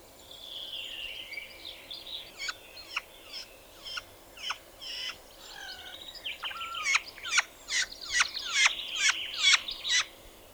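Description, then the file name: Spotted nutcracker song: a soft warbling, chattering passage early, then a series of sharp clicking and creaking notes repeated about twice a second, rising in loudness. "Tannenhäher Gesang"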